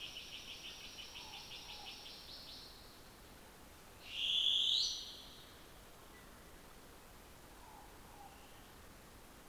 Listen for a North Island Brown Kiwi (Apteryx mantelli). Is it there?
no